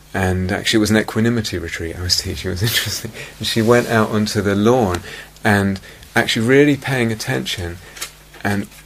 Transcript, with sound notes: And actually it was an equanimity retreat I was teaching. [laughs] It was interesting. She went out onto the lawn, and actually, really paying attention, and